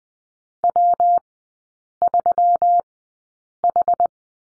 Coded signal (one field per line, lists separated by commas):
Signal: Morse code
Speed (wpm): 20 wpm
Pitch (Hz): 700 Hz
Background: none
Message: W3H